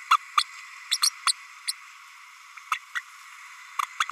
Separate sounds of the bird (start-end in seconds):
0.10-0.17, 0.37-0.44, 0.91-0.97, 1.02-1.09, 1.26-1.33, 1.67-1.72, 2.71-2.78, 2.95-3.00, 4.00-4.05